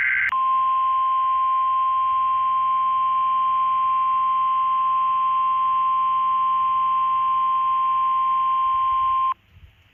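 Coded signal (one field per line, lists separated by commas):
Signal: Emergency Alert System (SAME) tones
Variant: 1050 Hz attention tone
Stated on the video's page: Alert test tones.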